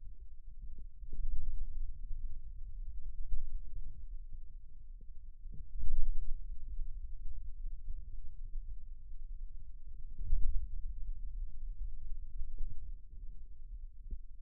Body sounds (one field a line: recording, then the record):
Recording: forearm muscle sounds (acoustic myography)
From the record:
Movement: pen grasping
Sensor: system 2, bracelet of six BSWA MPA416 microphones around the upper forearm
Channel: 1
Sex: male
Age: 22 years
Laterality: right